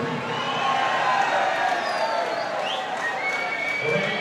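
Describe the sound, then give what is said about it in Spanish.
A crowd applauds and cheers for Santa Fe cumbia groups in a steady, dense wash of clapping and shouting voices, with a few shrill whistles rising briefly above the din throughout. “a todos los chicos, a los grupos de Santa Fe, a la cumbia Santa Fecina, este aplauso de todo el rito latino, cumbia Santa Fecina, por excelencia”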